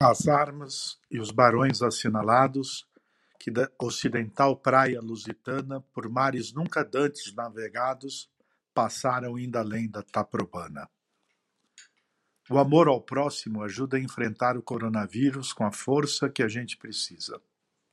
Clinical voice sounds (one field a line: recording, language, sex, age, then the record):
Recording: spoken sentence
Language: Brazilian Portuguese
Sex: male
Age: 60 to 69 years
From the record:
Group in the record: control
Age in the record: 60 years